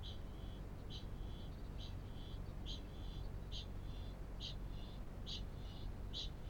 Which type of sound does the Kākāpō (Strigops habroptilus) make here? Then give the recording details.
ching call. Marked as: faintness 2/5. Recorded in New Zealand. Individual Felix